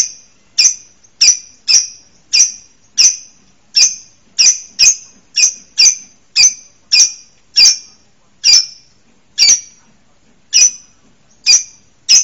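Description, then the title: Bird calls, a steady series of short, bright, high-pitched chip notes about every half second to second, each clean and ringing, with quiet between them. Masteran, a tutor recording used to train songbirds. "LuckyBurung MasteranBest"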